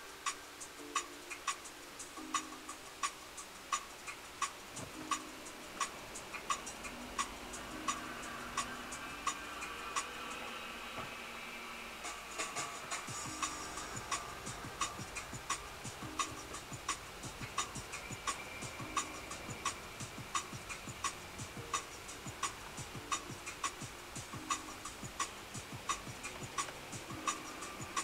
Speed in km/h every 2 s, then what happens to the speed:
0, 0, 0, 0, 0, 0, 0, 9, 9, 13, 14, 13, 9, 7.
0-13 standing. 13-19 pulls away to 14. 19-28 slows to 7.